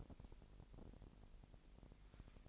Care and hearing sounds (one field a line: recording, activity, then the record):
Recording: daily activity, microphone in the room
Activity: take from stove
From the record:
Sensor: 5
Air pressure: 1002.0 hPa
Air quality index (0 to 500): 300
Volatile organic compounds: 34 ppm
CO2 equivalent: 3049 ppm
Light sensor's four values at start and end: 20/43/19/21 and 20/43/19/21